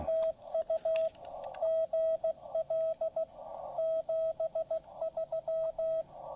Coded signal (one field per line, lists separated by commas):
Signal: Morse code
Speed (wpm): 15 wpm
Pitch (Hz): 650 Hz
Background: radio noise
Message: TU GL 73